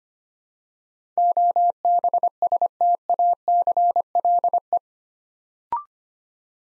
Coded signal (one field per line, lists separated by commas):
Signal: Morse code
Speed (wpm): 25 wpm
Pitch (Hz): 700 Hz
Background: none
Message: OBSTACLE